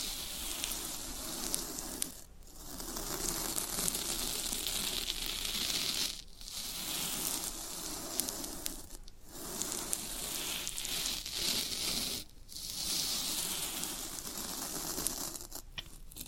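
Floral foam being crushed and worked, giving a dense, continuous crackling and crumbling that fills the highs with a softer low rustle beneath. Short pauses break the grinding about every three to four seconds, near 2, 6, 9, 12 and 16 seconds.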